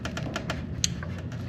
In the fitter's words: ah there's the click that's all I wanted to hear